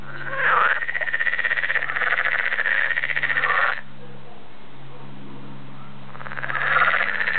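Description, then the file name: Edible frog giving a long rattling, pulsed croak, a quiet pause, then another rattling bout starting. "kecskebéka"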